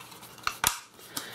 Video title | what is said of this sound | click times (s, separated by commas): unboxing and installation of a pink real tree camo case iphone 5 5s maxwellsworld | um if you want to keep it on your belt it just uh you know snaps back into place | 0.5 s, 0.7 s